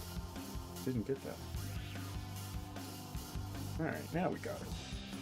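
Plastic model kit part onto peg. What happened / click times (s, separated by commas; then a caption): The plastic part is being handled and has not clicked home yet / none. A plastic model kit part is handled over its peg after a part with a nub is refitted, with someone talking over background music. Nothing has seated or clicked yet by the end of the clip.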